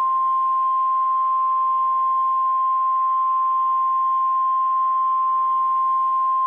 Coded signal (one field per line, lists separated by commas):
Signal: Emergency Alert System (SAME) tones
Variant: 1050 Hz attention tone